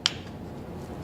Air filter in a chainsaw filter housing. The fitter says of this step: Yep, and then it just pops out.